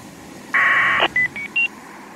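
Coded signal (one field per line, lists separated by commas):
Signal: packet radio (AX.25, as in APRS)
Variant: 1200 baud AFSK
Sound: brief harsh two-tone data burst, then three short rising beeps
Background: radio static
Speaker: I think some of that traffic we hear is the actual DigiPeter.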